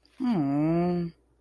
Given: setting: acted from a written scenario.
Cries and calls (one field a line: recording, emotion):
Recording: vocal sound without words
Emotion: sympathy